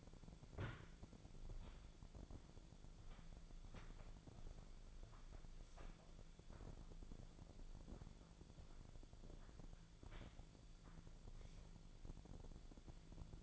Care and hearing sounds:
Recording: daily activity, microphone in the room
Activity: walk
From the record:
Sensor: 5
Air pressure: 1008.5 hPa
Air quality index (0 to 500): 154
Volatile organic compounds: 3 ppm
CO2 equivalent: 1489 ppm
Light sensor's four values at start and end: 66/181/71/72 and 66/182/71/73

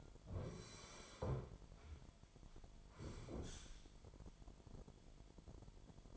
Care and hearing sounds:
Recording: daily activity, microphone in the room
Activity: sit down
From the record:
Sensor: 5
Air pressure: 998.7 hPa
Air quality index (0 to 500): 94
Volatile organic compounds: 2 ppm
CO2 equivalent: 1074 ppm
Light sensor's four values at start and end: 30/72/30/34 and 30/73/30/34

